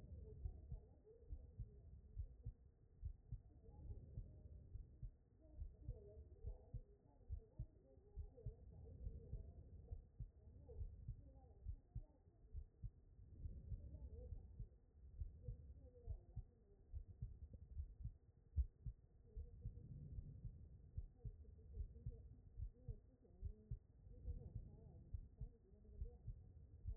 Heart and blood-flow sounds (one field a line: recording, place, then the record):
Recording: heart sounds by stethoscope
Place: aortic valve (AV)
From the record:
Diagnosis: non-HFrEF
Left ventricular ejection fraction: 67%